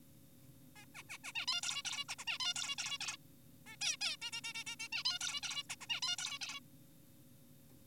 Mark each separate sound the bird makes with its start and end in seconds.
0.76-0.86, 0.95-1.03, 1.10-1.18, 1.24-1.32, 1.35-1.46, 1.48-1.61, 1.63-1.83, 1.85-2.04, 2.09-2.16, 2.19-2.25, 2.27-2.38, 2.40-2.54, 2.56-2.76, 2.78-2.98, 3.01-3.17, 3.66-3.76, 3.81-3.97, 4.01-4.16, 4.22-4.31, 4.33-4.41, 4.44-4.53, 4.55-4.64, 4.67-4.76, 4.80-4.88, 4.92-5.04, 5.05-5.19, 5.21-5.41, 5.43-5.63, 5.70-5.76, 5.81-5.87, 5.90-6.01, 6.02-6.16, 6.18-6.38, 6.41-6.60